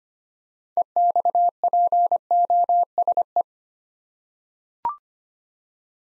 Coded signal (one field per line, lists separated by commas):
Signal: Morse code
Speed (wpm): 25 wpm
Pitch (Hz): 700 Hz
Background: none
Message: EXPOSE